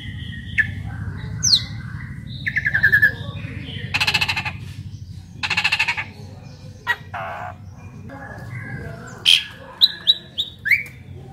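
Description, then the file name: Asian pied starling song mixing harsh raspy bursts with clear whistled notes and sharp high chirps near the end, over a steady low background hum. Indonesian jalak suren described as a champion songbird. "suara burung jalak suren juara"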